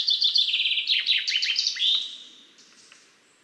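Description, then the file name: Common chaffinch song: a bright, rapid series of repeated notes ending in a short flourish, then fading to quiet. "Fringilla coelebs"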